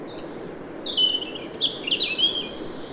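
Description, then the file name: European robin singing, thin high whistles and sliding notes in two short bursts, the second more intricate and warbling, over steady low background noise. "Erithacus rubecula"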